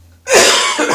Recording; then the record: coughing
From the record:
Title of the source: Spring Cold Coughing 2